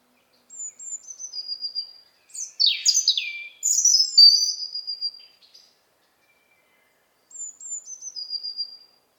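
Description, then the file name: European robin: a soft run of high descending whistles, then louder sweeping warbled notes, a pause, and another gentle series of thin falling whistles. "Erithacus rubecula"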